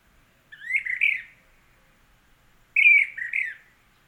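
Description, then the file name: Brown-crested flycatcher uttering two buzzy, slurred two-part calls, the second louder and sharper, over a quiet background. Subspecies magister. "Brown crested Flycatcher Myiarchus tyrannulus magister Olmstead"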